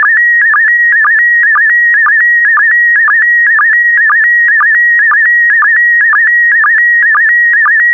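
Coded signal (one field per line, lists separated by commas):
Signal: SSTV (slow-scan television)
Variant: PD120 mode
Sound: steady high whistle with rhythmic chirping dips, about two per second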